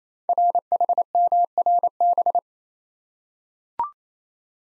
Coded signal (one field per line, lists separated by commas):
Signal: Morse code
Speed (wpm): 29 wpm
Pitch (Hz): 700 Hz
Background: none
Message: RHMRB